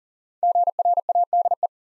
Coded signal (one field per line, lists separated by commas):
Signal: Morse code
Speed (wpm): 39 wpm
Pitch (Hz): 700 Hz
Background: none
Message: GRADE